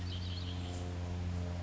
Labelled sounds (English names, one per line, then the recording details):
Red-winged Blackbird
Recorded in Sonoma County, California